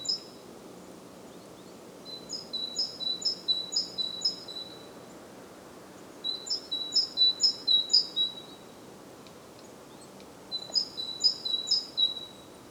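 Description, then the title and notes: Great tit song in three bursts, each a rapid run of paired notes, high then lower, repeated several times, separated by pauses of about two seconds. Głodówka, Žilina Region, Slovakia; recorded with a Zoom F3 recorder and Usi Pro microphones. "Głodówka, Kraj żyliński, Słowacja - Great voice of a great tit. Recordist: Maciej Wirmański"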